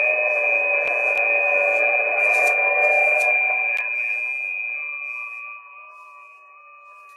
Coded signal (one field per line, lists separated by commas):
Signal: FT8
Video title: Danny Shortwave And Radio DX Live Stream #197 3/8/2025